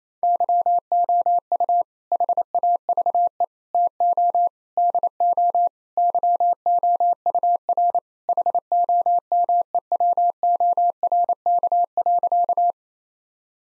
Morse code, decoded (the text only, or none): YOU HAVE TO DO YOUR HOMEWORK.